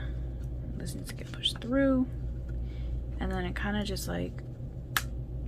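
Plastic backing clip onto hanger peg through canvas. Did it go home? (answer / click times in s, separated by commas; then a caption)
yes / 5.0 s. Someone talks quietly while a small plastic backing piece for the canvas hanging hardware is pushed onto the peg poking through the canvas. It snaps on with a sharp click at 5.0 s, unlike the earlier pieces, which did not snap.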